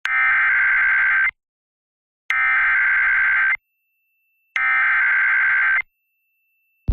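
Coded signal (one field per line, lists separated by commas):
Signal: Emergency Alert System (SAME) tones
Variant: header bursts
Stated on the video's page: Severe Thunderstorm Warning for North Dakota counties; the page says the tones are valid EAS tones capable of activating the system.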